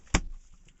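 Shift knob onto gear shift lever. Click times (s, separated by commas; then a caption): 0.1 s. A plastic gear shift knob on a BMW E46 325i/330i is pressed down from the top onto the shift lever in the center console. It snaps into place with a single sharp click at 0.1 s, followed by brief low rattling and a faint tick near 0.7 s. The knob is seated.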